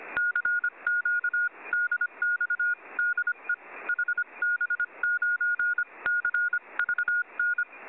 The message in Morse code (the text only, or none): CQ DX DE HB9CVN